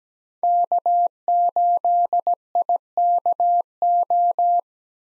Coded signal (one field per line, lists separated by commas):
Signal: Morse code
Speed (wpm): 17 wpm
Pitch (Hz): 700 Hz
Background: none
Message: K8IKO